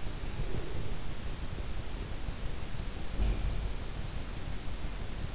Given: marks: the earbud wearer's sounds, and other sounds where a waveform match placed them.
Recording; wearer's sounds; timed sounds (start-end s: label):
sounds in sleep by an in-ear microphone; breath
0.39-1.14 s: breath
3.13-3.95 s: sound from someone else or the room